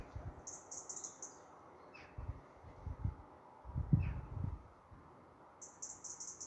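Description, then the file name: European robin giving bursts of very high, thin, rapidly repeated notes near the start and again at the end, with faint sweeping notes between and low thumping noise. "Erithacus rubecula"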